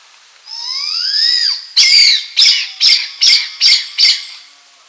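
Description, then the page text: Blood pheasant call: a drawn-out rising squeal, followed by six sharp, harsh, screechy notes evenly spaced about every half second. "Blood Pheasant Calls. Quick Sounds"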